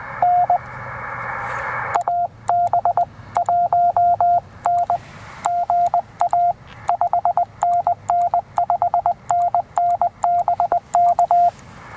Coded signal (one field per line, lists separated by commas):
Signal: Morse code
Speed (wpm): 20 wpm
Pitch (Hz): 700 Hz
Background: radio noise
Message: NAB1N GA 5NN 5NN BK